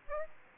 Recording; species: mosquito wingbeat signal from an infrared sensor; Aedes aegypti